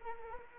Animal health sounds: mosquito wingbeat signal from an infrared sensor; Anopheles arabiensis

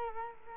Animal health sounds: mosquito wingbeat signal from an infrared sensor; Culex quinquefasciatus

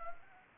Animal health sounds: mosquito wingbeat signal from an infrared sensor; Anopheles arabiensis

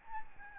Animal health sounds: mosquito wingbeat signal from an infrared sensor; Aedes albopictus

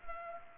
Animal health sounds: mosquito wingbeat signal from an infrared sensor; Culex pipiens

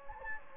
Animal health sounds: mosquito wingbeat signal from an infrared sensor; Anopheles gambiae

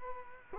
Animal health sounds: mosquito wingbeat signal from an infrared sensor; Culex quinquefasciatus

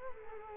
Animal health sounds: mosquito wingbeat signal from an infrared sensor; Culex quinquefasciatus

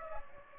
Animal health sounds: mosquito wingbeat signal from an infrared sensor; Aedes aegypti

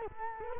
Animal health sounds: mosquito wingbeat signal from an infrared sensor; Culex quinquefasciatus

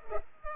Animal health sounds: mosquito wingbeat signal from an infrared sensor; Culex pipiens

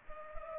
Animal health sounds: mosquito wingbeat signal from an infrared sensor; Culex pipiens

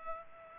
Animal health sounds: mosquito wingbeat signal from an infrared sensor; Culex pipiens

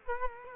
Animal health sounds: mosquito wingbeat signal from an infrared sensor; Culex quinquefasciatus

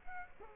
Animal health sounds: mosquito wingbeat signal from an infrared sensor; Culex quinquefasciatus

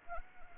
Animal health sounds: mosquito wingbeat signal from an infrared sensor; Anopheles gambiae

